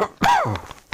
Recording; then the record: coughing mixed with background sound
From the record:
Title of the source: Heavy cold and sore throat coughing.